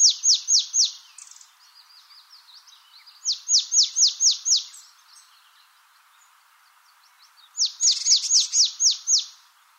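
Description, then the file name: Marsh tit repeating short volleys of several bright, sharp, falling notes, three volleys in all, with quiet chattering in the gaps. "Poecile palustris"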